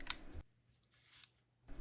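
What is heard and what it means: An empty steel magazine is pushed into the grip of a Ruger Mark IV .22 semi-auto pistol during the function check after reassembly. A sharp metallic click at 0.1 s, as the magazine seats home, is followed by a softer low knock near 0.3 s, a faint tick at 1.2 s and handling noise at the end.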